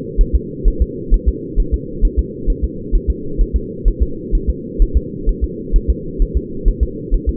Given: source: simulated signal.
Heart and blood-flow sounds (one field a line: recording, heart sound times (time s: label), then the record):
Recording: fetal heart sounds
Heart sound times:
0.21 s: S1
0.35 s: S2
0.68 s: S1
0.82 s: S2
1.14 s: S1
1.28 s: S2
1.60 s: S1
1.74 s: S2
2.05 s: S1
2.19 s: S2
2.50 s: S1
2.64 s: S2
2.95 s: S1
3.10 s: S2
3.41 s: S1
3.56 s: S2
3.88 s: S1
4.02 s: S2
4.35 s: S1
4.50 s: S2
4.82 s: S1
4.97 s: S2
5.29 s: S1
5.44 s: S2
5.76 s: S1
5.90 s: S2
6.22 s: S1
6.37 s: S2
6.68 s: S1
6.83 s: S2
7.14 s: S1
7.29 s: S2
From the record:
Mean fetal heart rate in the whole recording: 130 bpm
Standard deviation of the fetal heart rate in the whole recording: 4 bpm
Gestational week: 38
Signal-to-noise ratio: -4.3 dB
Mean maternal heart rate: 72 bpm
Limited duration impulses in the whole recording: absent